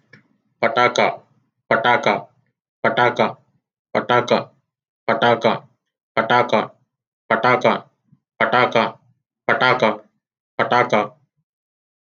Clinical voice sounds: repeated syllables /pa ta ka/; male; 30 to 39 years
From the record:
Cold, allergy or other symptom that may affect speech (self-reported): no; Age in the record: 30 years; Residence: Georgia, United States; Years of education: 18

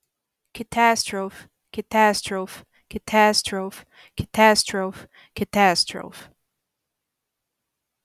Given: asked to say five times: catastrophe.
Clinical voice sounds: repeated word; female; 20 to 29 years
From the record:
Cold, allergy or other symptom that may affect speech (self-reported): no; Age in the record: 28 years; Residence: New York, United States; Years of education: 13

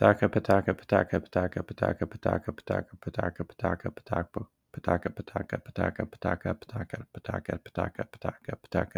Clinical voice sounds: repeated syllables /pa ta ka/; male; 30 to 39 years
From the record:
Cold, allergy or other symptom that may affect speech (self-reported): no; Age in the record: 33 years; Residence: Kentucky, United States

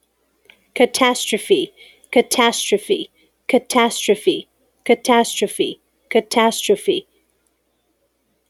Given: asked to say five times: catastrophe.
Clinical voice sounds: repeated word; female; 30 to 39 years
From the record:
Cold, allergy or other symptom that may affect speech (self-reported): no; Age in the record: 36 years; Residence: New Mexico, United States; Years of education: 14

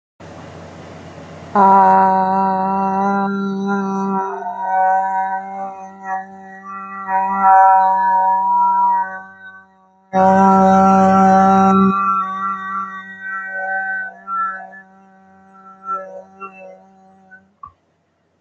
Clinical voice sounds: vowel held as long as possible; female; 40 to 49 years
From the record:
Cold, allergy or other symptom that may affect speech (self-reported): no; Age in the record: 40 years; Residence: Florida, United States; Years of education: 16

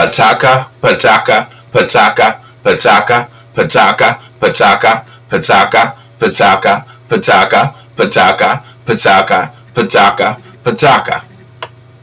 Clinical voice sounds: repeated syllables /pa ta ka/; male; 60 to 69 years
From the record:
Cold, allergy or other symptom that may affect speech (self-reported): no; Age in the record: 63 years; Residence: Pennsylvania, United States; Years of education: 12

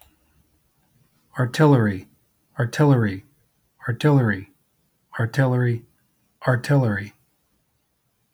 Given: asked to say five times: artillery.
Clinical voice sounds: repeated word; male; 50 to 59 years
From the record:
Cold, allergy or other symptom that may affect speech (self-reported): no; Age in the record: 51 years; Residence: California, United States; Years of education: 16

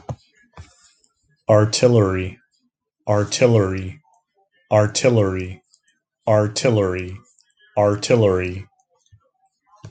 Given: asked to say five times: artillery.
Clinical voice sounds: repeated word; male; 40 to 49 years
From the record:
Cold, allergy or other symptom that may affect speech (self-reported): no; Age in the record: 49 years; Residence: California, United States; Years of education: 26

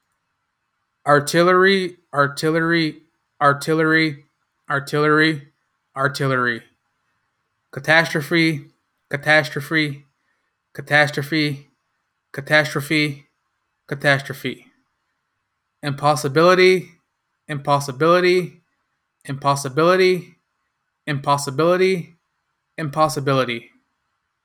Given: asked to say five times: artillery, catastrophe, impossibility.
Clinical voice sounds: three words, each repeated; male; 30 to 39 years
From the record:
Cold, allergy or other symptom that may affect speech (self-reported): no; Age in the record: 34 years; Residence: Florida, United States

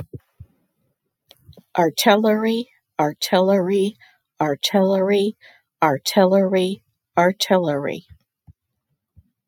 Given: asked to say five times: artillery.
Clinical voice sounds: repeated word; female; 60 to 69 years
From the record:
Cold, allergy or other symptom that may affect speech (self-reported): no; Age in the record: 60 years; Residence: Ohio, United States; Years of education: 16

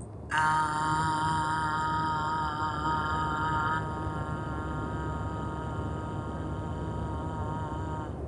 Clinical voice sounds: vowel held as long as possible; female; 60 to 69 years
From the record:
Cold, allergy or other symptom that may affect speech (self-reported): no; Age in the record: 68 years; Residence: North Carolina, United States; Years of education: 17

